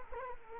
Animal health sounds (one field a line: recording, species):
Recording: mosquito wingbeat signal from an infrared sensor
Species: Culex quinquefasciatus